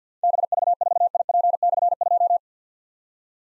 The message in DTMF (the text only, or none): none